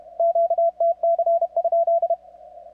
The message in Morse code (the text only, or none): QTC?